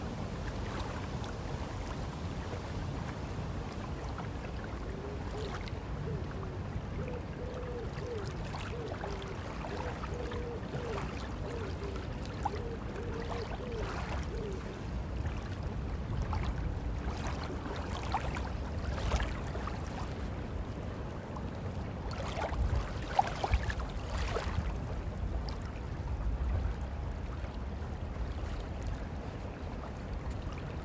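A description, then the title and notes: A beach in the morning, with a steady low rumble of sea and wind filling the whole stretch. A faint wavering tone drifts through from about five to ten seconds, and scattered small knocks and splashes come and go, clustering near twenty-three seconds. Alcudia Beach in the morning, Mallorca, Spain. We woke up at 6am on our last day in Mallorca to squeeze one final sea swim into the trip. We were the first ones in at the local beach.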